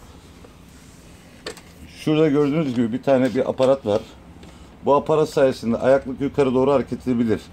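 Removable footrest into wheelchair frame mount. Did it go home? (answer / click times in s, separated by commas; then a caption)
yes / 1.5 s. A removable metal footrest (legrest) of a Viomedi WSD-23 folding elevating-leg wheelchair is seated onto the wheelchair's steel frame over its upper and lower pins, with its latch kept on the inner side. A single sharp click is heard at 1.5 s, and someone talks. The footrest is seated and locked so it will not come off again.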